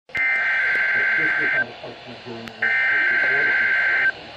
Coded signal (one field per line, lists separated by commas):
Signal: Emergency Alert System (SAME) tones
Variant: header bursts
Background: speech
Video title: Thursday Required Weekly Test [WNG698] (EAS #237)